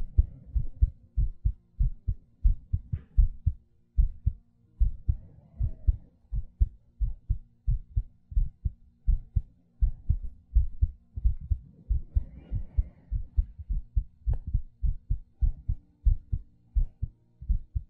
ASMR Heartbeat Breathing.